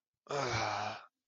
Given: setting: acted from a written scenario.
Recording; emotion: vocal sound without words; guilt